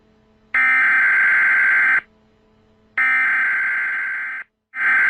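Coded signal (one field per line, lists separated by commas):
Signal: Emergency Alert System (SAME) tones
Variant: header bursts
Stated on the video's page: Simulated EAS alarms made on Scratch, recorded from scratch.mit.edu.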